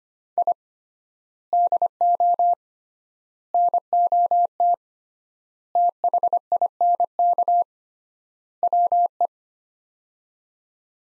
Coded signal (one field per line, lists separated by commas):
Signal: Morse code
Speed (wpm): 25 wpm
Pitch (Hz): 700 Hz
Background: none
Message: I DO NOT THINK WE